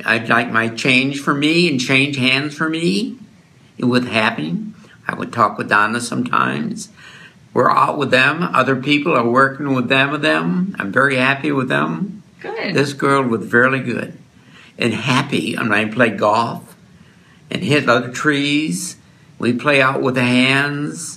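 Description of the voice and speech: Fluent, well-paced adult male speech with intact grammar, full of words that lack the meaning he intends, such as hands, trees and golf jumbled together. He does not notice his errors and believes he has made sense and conveyed his idea. Typical of Wernicke's fluent aphasia.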